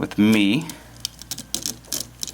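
Someone talks briefly, then a spazer flight unit is fiddled onto a die-cast and plastic robot figure, making a series of short, sharp plastic taps and ticks as the parts are handled. Nothing has seated or clicked into place yet.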